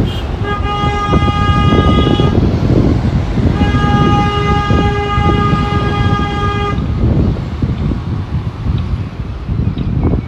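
A street walk in Modiin, Israel, with steady traffic rumble and a long car horn blaring twice, from the start and again mid-clip.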